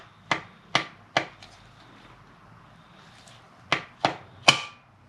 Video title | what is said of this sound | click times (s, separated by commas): Subaru 6 Speed Gearbox Install - Auto to Manual Swap - SF5 Forester | should hear it click. | 4.5 s